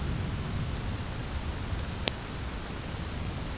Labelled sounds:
none

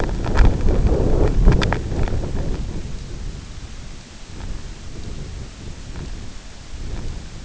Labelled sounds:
none

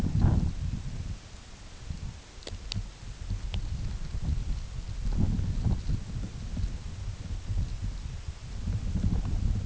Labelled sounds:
none

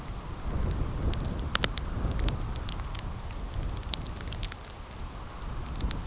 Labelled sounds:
none

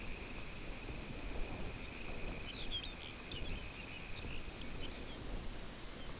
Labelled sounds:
Dunlin
Lapland Longspur

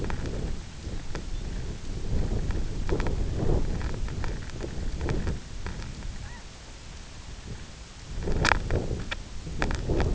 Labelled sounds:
Lapland Longspur
unidentified sound

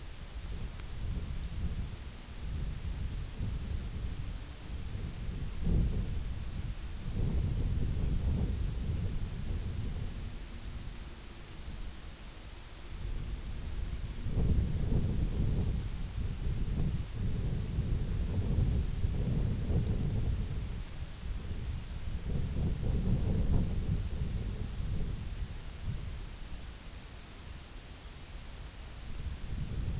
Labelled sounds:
none

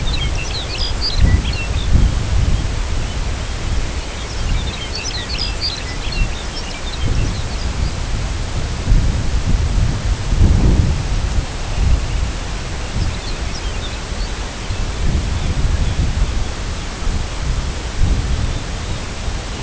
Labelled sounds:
Lapland Longspur
Arctic Tern
unidentified sound

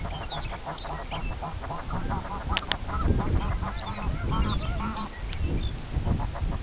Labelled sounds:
Lapland Longspur
unidentified sound

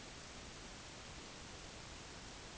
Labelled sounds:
none

